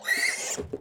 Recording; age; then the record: pig call; piglet (1 to 25 days)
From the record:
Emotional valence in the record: negative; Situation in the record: long isolation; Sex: male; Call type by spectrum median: high-frequency call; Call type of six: high-frequency stable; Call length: 0.81 s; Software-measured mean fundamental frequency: 213 Hz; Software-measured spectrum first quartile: 1768 Hz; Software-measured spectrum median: 2800 Hz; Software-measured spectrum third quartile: 6494 Hz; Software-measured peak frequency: 1916 Hz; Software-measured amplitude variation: 222 dB a second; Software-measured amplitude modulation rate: 21.6 a second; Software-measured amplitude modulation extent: 10.3 dB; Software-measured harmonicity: 4.7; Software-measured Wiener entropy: -2.86